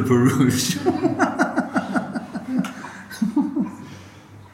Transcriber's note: laughs